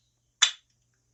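A snap-on case back is pried off a watch case with an opener tool, and it pops open with a single sharp, bright snap at 0.4 s that fades within about two tenths of a second. The case back is released.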